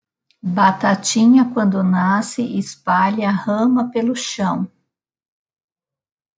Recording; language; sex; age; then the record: short text; Brazilian Portuguese; female; 50 to 59 years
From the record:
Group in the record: control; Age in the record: 55 years